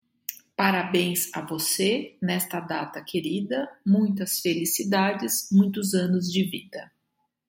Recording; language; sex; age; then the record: short text; Brazilian Portuguese; female; 50 to 59 years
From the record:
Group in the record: control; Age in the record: 57 years